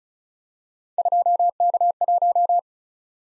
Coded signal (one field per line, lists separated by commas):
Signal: Morse code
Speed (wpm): 36 wpm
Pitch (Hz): 700 Hz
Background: none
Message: 2K1